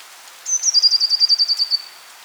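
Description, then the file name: Eurasian blue tit producing a single high thin note that breaks into a fast, evenly pulsed trill lasting just over a second, gently dropping in pitch. "Cyanistes caeruleus"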